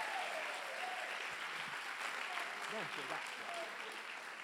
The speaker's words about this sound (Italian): Facciamo un forte applauso a tutti i capogruppi.